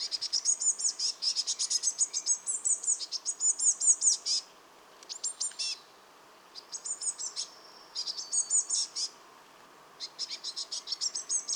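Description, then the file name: Eurasian blue tit giving long runs of rapid, high-pitched chirping notes, broken by short pauses between bursts. "Cyanistes caeruleus"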